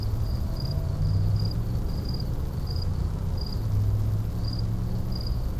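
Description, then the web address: Cricket giving brief high chirps at slightly irregular intervals about every half second to second, above a droning low hum that swells and fades. Urban night setting with electrical hum. "boom library Urban and Suburban. Urban night electricity cricket"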